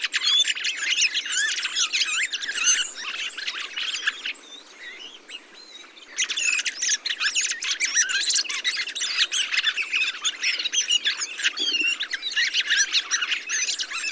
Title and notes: POT-POURRI DE GRIVES. 22 novembre 2020-Montagne du Puy - Drôme. Grives draine, musicienne, mauvis et litorne plus quelques merles